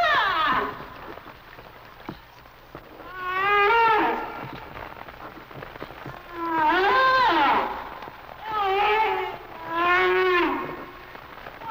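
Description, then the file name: Humpback whale song: drawn-out harmonic moans that swoop up and then down, several units with quiet gaps between them. "Sounds of Nature - Humpback Whales"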